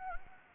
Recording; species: mosquito wingbeat signal from an infrared sensor; Anopheles gambiae